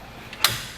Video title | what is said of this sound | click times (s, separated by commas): Set up: Hollywood Racks Sport Rider SE Bike Rack for 2 Electric Bikes on a 2022 Kia Telluride | and you hear that snap back into place and so now the length from the bumper to | 0.4 s